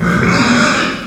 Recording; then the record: squeal of a Yucatan mini pig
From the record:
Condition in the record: after surgery on the right vocal fold (resection and tissue-engineered implant); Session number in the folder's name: 11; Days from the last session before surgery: 98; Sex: female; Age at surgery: 19 weeks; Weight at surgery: 25 kg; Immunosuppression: prednisolone